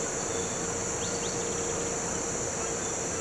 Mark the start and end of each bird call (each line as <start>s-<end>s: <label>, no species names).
0.99s-1.36s: bird call